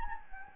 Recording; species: mosquito wingbeat signal from an infrared sensor; Anopheles gambiae